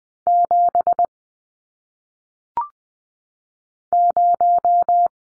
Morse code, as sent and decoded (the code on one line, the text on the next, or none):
--... / -----
7 0